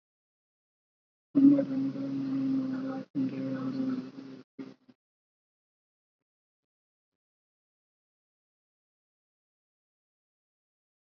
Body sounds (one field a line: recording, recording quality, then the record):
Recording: counting at a normal pace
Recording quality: excellent, no background noise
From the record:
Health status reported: COVID-19 positive, mild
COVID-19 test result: positive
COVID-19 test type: RT-PCR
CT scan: not taken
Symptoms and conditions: cough, sore throat, fever, fatigue, muscle pain, loss of smell and taste, asthma, hypertension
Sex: male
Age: 30 years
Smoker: yes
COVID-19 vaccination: both doses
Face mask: worn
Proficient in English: yes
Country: India